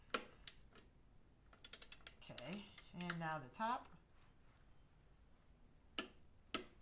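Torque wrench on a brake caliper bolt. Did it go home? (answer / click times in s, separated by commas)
yes / 6.0 s, 6.5 s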